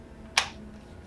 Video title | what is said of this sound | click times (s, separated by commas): Device Arm Selection for Medical Carts | does lock into place has the fixed positioning but then has finite | 0.4 s